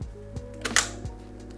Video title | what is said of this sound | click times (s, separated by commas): BEST $850 Gaming PC (ALL NEW PARTS) | hear that click. | 0.7 s, 0.8 s